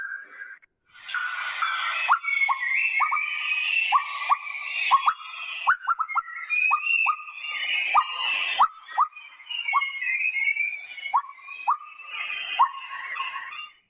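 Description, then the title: Asian koel calling: many short, hooked whistled notes in irregular runs over a noisy background. "噪鹃的叫声"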